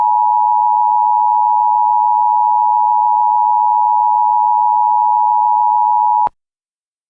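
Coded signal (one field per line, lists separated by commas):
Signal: Emergency Alert System (SAME) tones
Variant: 853 and 960 Hz attention tone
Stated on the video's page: Valid EAS tones in a fictional Kaiju Required Monthly Test mock, recreated with a weather radio station ID and a Midland WR400 advisory tone.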